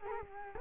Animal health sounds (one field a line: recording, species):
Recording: mosquito wingbeat signal from an infrared sensor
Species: Culex quinquefasciatus